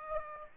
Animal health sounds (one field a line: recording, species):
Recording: mosquito wingbeat signal from an infrared sensor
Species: Aedes aegypti